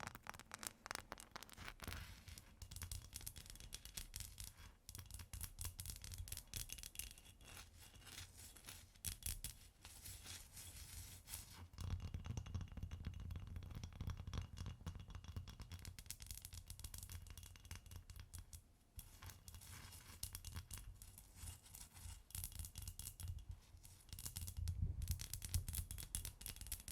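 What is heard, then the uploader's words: Ice being tapped and scratched in a dense, busy stream of sharp clicks and scraping strokes that runs for the whole stretch. The scratching thickens into rougher, heavier passages around twelve to eighteen seconds and again near the end, with a low rumble underneath. ASMR Ice Tapping & Scratching (No Talking).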